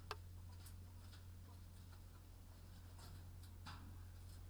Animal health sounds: poultry house recording; sick chickens (respiratory disease)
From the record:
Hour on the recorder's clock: 22

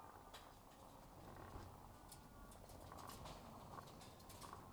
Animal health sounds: poultry house recording; sick chickens (respiratory disease)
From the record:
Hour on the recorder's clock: 12

